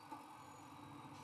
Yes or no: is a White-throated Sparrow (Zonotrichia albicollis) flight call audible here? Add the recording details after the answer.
no. No flight call is heard. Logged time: 22:28 on 15 November 2014